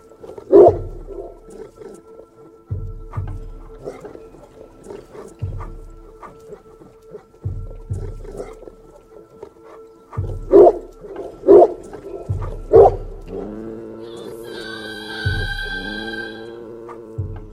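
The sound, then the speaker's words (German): A dog growls at the moon in low, rumbling pulses that rise and fall repeatedly, then breaks into higher, drawn-out whining tones near the end. No one speaks. “Banga knurrte den Mond an”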